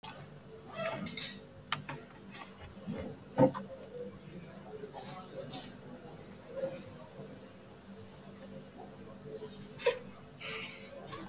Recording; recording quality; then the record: shallow breathing; excellent, no background noise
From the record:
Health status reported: healthy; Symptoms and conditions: cold, fatigue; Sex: male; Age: 30 years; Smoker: no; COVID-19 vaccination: both doses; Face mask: worn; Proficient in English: yes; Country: India